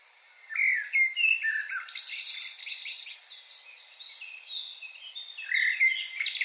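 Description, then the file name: Common blackbird song, mellow whistled notes sliding down, then squeaky high twitters, phrase after phrase, with other birds chirping throughout. "Turdus merula"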